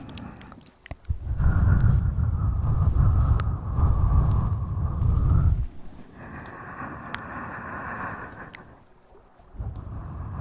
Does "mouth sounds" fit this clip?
yes